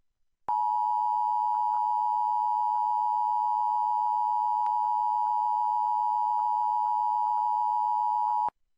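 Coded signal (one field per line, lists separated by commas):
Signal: Emergency Alert System (SAME) tones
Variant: 853 and 960 Hz attention tone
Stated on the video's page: Monthly EAS tests relayed in Kern and Los Angeles areas.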